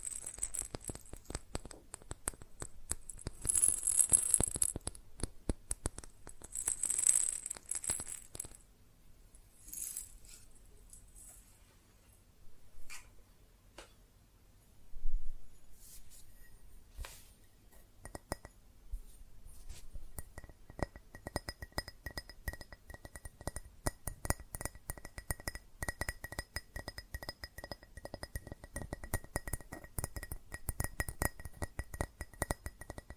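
Fast, dense tapping on glass and ceramic objects, bright clinking bursts early, a sparse lull mid-way, then steady rapid ticking with a thin ringing tone.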